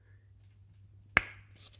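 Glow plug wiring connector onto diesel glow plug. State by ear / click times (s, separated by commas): seated / 1.2 s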